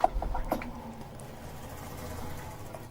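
During a pit-stop driver change, the drink-bottle hose is snapped into its fitting on the driver's helmet, with a sharp click at 0.0 s that seats it. Softer taps follow at about 0.2, 0.4, 0.5, 0.6 and 1.2 s, and a low background hum continues throughout.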